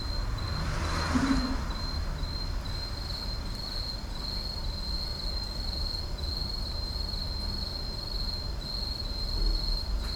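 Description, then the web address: Insect trilling runs as a continuous high line throughout, with a brief swell of noise early on and a steady low background hum. Night insects in an urban park. "boom library Urban and Suburban Urban park night insects"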